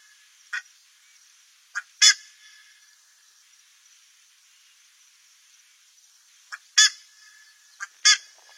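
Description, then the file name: Buff-necked ibis giving scattered loud, harsh honking notes, one single and three in quick pairs, separated by long quiet gaps. "canto da curicaca"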